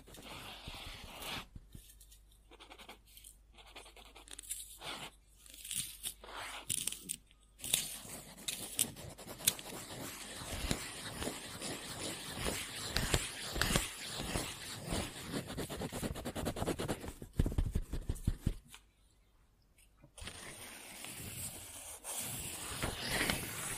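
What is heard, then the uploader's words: Pen or pencil scribbling on paper, a dry scratching made of quick strokes with short gaps between them early on. From about 8 seconds the scratching turns dense and nearly continuous, then stops near 19 seconds before fainter strokes resume toward the end. Scribbling On Paper.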